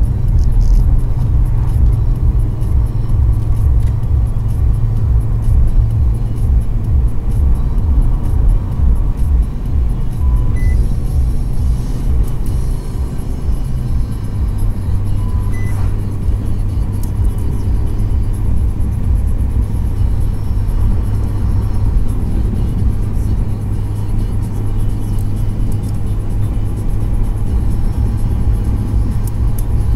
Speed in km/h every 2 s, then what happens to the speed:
79, 81, 84, 87, 91, 95, 98, 98, 99, 100, 101, 101, 102, 104, 105.
0-12 speeds up to 98. 12-30 steady at about 101.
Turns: none.